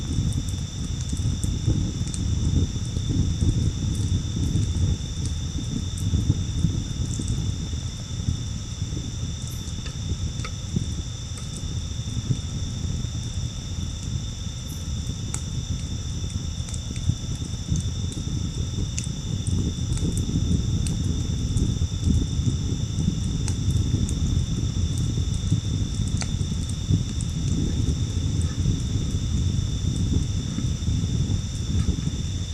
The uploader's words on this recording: Cozy Campfire. Listen to the soothing pops and crackles that fill the atmosphere with their campfire songs.